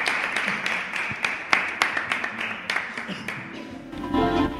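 A small group applauds with crisp, scattered claps for about four seconds, the clapping thinning out as a voice begins speaking at the very end.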